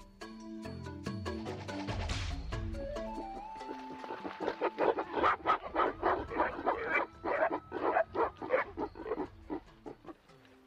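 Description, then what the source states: Mountain gorilla sounds: tonal, harmonic grunts at first, then a long run of loud pulsed panting grunts. Mountain gorilla recorded in East Africa.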